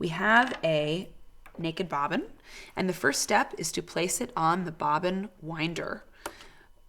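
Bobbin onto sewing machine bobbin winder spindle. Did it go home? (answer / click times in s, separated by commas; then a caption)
yes / 6.3 s. Someone talks while an empty plastic bobbin is pushed down onto a sewing machine's bobbin winder spindle. A short, sharp click at 6.3 s marks the bobbin seating into place on the spindle.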